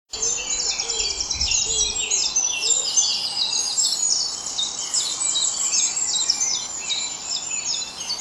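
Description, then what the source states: Birds in a dense bird, many high chirps and trills overlapping continuously, with a few lower whistled notes early on. At dawn.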